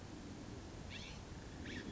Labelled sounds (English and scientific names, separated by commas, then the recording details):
California Scrub-Jay (Aphelocoma californica)
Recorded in Sonoma County, California